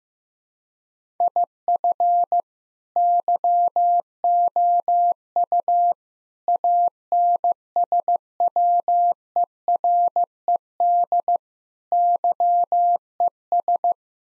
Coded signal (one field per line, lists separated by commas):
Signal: Morse code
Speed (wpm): 15 wpm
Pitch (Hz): 700 Hz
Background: none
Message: IF YOU ANSWERED YES